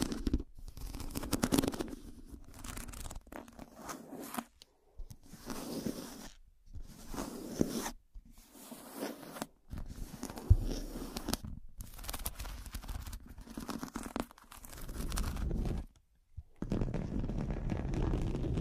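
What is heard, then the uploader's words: Rough scratching comes in bursts of a second or two, broken by short silent gaps, roughly a dozen strokes in all. Each pass is gritty and dense with a low rumbling edge, somewhat like a zipper or tearing. The final stretch runs louder and heavier. Pure Scratching.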